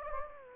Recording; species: mosquito wingbeat signal from an infrared sensor; Anopheles gambiae